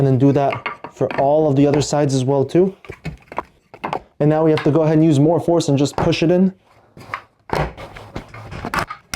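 Someone talks while one of the five plastic legs of a Dowinx gaming chair is forcefully pushed into its socket in the star-base hub. Short knocks and taps sound around 3.1 to 3.9 seconds and again from 7.1 to 9.1 seconds. The leg has not seated or locked yet when the clip ends.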